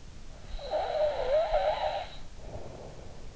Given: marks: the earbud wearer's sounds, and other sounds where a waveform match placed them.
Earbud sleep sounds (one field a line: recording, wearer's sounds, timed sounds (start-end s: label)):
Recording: sounds in sleep by an in-ear microphone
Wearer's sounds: snoring breath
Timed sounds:
0.56-3.27 s: snoring breath